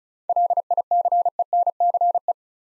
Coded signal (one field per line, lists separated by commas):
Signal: Morse code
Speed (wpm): 36 wpm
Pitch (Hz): 700 Hz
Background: none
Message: LICENCE